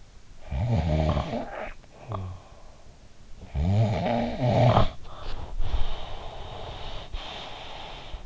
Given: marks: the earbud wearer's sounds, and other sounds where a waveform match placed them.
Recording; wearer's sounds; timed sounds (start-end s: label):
sounds in sleep by an in-ear microphone; snoring breath, breath
0.39-2.42 s: snoring breath
3.30-5.51 s: snoring breath
5.69-8.26 s: breath